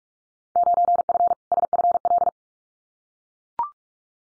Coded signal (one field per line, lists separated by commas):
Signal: Morse code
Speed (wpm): 44 wpm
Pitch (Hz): 700 Hz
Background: none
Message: 9F SFL